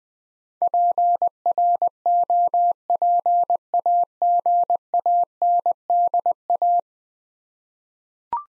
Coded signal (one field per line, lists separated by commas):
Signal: Morse code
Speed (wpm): 21 wpm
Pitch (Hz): 700 Hz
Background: none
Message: PROPAGANDA